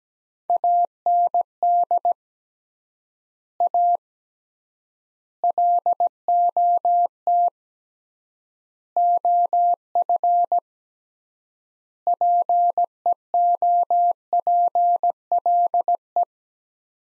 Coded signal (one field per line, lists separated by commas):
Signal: Morse code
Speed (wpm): 17 wpm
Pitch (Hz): 700 Hz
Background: none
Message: AND A LOT OF PEOPLE